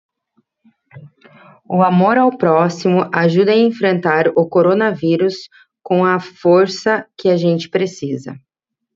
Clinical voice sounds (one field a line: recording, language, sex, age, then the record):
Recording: spoken sentence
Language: Brazilian Portuguese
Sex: female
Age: 30 to 39 years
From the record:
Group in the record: control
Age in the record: 37 years